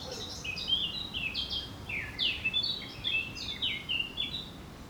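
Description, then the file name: Eurasian blackcap song: a lively run of rapid, jumbled warbled notes and downslurred phrases, unbroken from start to finish. "Sylvia atricapilla"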